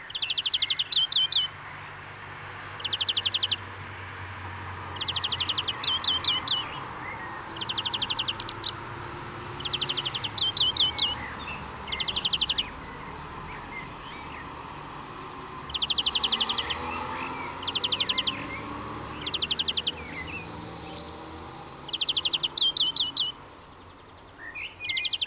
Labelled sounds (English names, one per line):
European Greenfinch song